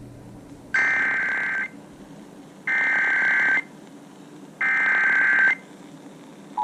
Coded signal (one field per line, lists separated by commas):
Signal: Emergency Alert System (SAME) tones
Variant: header bursts